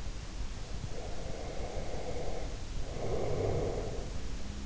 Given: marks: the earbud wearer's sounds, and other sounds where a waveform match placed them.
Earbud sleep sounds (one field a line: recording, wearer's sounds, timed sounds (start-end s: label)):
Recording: sounds in sleep by an in-ear microphone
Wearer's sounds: breath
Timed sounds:
0.63-4.21 s: breath